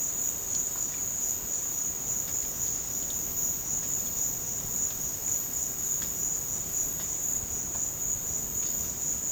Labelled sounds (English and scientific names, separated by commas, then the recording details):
none
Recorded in dense forest near Puerto Asís, Putumayo, Colombia, on 9 March 2025 at 15:30
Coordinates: 0.486, -76.317
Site G053